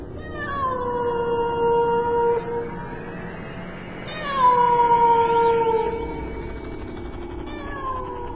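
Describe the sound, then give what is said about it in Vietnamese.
A cat yowls mournfully in long, drawn-out wails, two sustained cries with sliding, wavering pitch that rise and fall, followed by the start of a third, fairly loud with no talking. “Nó kêu lâu, nó kêu thê lương lắm.”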